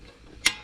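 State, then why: Seated. A riding mower's deck lift lever is brought over the top and back down into its locking position. A single short, sharp click sounds at 0.5 s against a quiet background, then fades. The lever clicks and locks in, seated.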